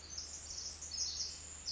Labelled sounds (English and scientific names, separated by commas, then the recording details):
Pacific Wren (Troglodytes pacificus)
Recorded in Sonoma County, California